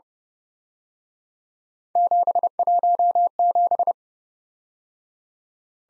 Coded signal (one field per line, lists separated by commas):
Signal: Morse code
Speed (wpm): 28 wpm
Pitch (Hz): 700 Hz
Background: none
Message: 717